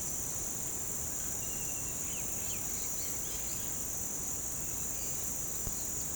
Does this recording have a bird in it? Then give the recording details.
yes. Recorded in pastures near Puerto Asís, Putumayo, Colombia, on 22 December 2024 at 08:30. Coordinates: 0.466, -76.322. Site G040